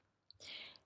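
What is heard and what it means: The top edge of a plastic RHINOSHIELD Clear & Mod NX case is pushed up and pressed onto an iPhone 15 Pro, and it clips into place with a sharp click at 0.3 s. A louder rustling handling noise follows from about 0.4 s, with a faint tick near 0.8 s. The case top is seated.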